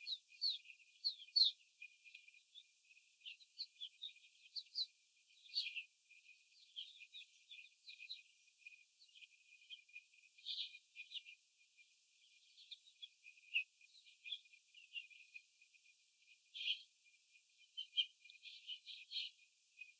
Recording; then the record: young laying hens in a cage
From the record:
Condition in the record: after the stressor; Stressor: simulated dog barking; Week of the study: 4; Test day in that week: 3